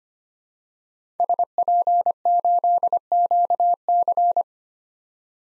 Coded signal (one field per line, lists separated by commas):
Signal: Morse code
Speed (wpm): 25 wpm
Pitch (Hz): 700 Hz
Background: none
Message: SP8QC